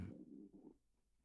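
A short, low, gurgling growl lasts under a second, wavering in pitch before fading into quiet room noise. This is an adult's stomach rumble (borborygmi), the ordinary sound of gas and fluid moving through the gut.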